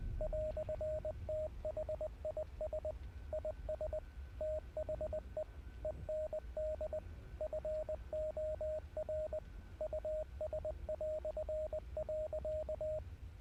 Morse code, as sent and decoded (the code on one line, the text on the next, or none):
.-..-. - .... .. ... / .. ... / - .... . / . -. -.. / ..-. --- .-. / ..- ... .-..-. .-.-.-
"THIS IS THE END FOR US".